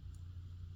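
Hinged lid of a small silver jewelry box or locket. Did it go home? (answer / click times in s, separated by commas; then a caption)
no / none. The small hinged lid of a Mexican sterling silver jewelry box or locket with a mother-of-pearl top is handled by hand, but nothing has seated or clicked shut yet. A steady low hum fills the clip, with only a faint, brief high-pitched blip at about 0.2 s.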